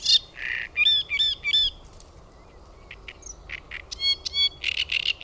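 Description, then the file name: Great reed warbler singing loud, rasping, croaky phrases of repeated harsh syllables, pausing briefly, then resuming with grating chattering notes and a raspy burst. "RASTASKERTTUNEN"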